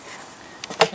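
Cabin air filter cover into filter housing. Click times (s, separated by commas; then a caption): 0.6 s, 0.8 s. A plastic cover of the cabin air filter housing on a Cadillac CTS is pressed on top and its clips snap into place, with sharp clicks at 0.6 s and 0.8 s, the second louder. The cover is seated and the clips are engaged.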